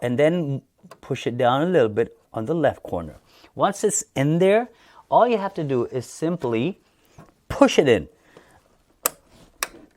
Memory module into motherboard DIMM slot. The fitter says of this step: as soon as you push in you're going to hear the clicking sound which means means these tabs the left tab and the right tab they are snapped in